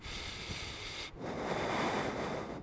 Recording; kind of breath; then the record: one breath in and out by a microphone near the nose and mouth; deep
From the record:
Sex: male